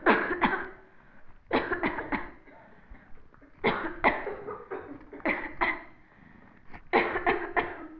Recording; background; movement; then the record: voluntary coughing; a bystander coughing; sitting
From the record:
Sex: female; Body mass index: 18.3 kg/m2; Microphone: on the chest, facing the body